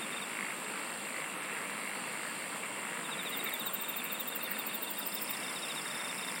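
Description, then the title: Insect chorus, fast pulsed trilling that grows busier in the second half, over continuous hiss. "SINGING OF INSECTS"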